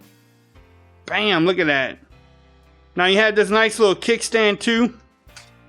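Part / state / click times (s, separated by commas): kickstand on a rugged phone case / not seated / none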